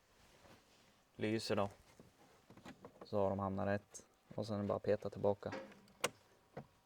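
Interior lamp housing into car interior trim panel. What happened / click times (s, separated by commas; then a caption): The interior lamp housing snapped back into the trim / 6.1 s. Someone talks while the interior lamp housing, fitted with tested LED bulbs, is pushed back into the plastic headliner or trim opening of a 2014–2018 Volvo V60. A sharp, short click at 6.0 s shows the housing seated.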